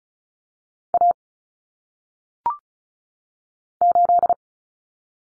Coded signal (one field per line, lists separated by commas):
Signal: Morse code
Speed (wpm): 36 wpm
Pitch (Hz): 700 Hz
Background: none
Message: A 8